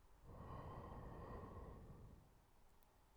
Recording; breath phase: one breath near a microphone; exhalation